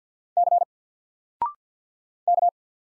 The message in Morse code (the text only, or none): C K